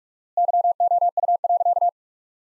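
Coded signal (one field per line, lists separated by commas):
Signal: Morse code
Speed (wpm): 47 wpm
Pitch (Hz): 700 Hz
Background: none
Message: YOU.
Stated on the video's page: Morse practice of sentences from the top 500 words at 45 wpm with 4x standard word spacing, a Farnsworth-like method.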